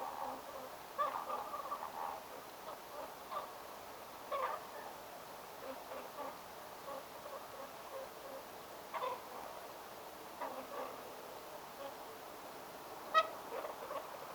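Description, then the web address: Whooper swan calls, many soft grunting notes scattered throughout, with one clear ringing honk near the end, over low steady hiss. Whooper swan family giving close-range sounds and social calls of cygnets at a barn swallow nesting site, 29 October 2025; taken directly from the recorder. "paivat 29 10 2025 haarapaaskysen pesapaikan laulujoutsenpesue aantelee lahiaania sosiaalisia poikasten aantelyja suoraan aanittimesta"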